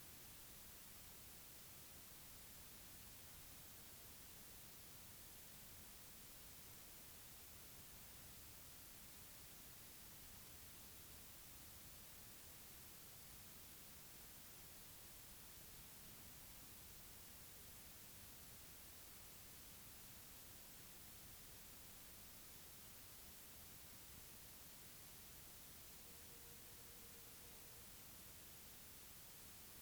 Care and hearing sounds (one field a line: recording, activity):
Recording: daily activity, guitar pickup as the sensor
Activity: stand